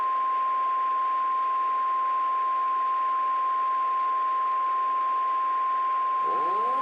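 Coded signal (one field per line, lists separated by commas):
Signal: Emergency Alert System (SAME) tones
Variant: 853 and 960 Hz attention tone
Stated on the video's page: Fictional EAS scenario, simulated alert.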